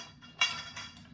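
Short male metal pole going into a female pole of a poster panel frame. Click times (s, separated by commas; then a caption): 0.4 s. A short male metal pole is pushed into a female pole of a poster panel frame until its spring button clicks into place. A sharp metallic click sounds at 0.4 s, followed by a softer knock at 0.8 s. The pole is seated.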